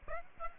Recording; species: mosquito wingbeat signal from an infrared sensor; Aedes aegypti